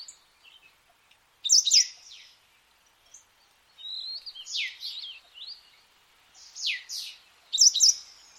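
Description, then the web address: White wagtail calls: sharp, high chirping notes in several bursts, with a loud burst near the start and another near the end, separated by quiet gaps. "cianscape birddata Deverinetal 2025"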